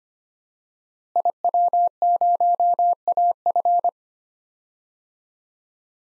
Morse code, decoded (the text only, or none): IW0AF